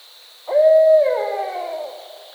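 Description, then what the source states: Barred owl with a single hooted note that holds level, then falls and fades over about a second; a continuous thin whine sits in the background. Recorded 22 October 2010.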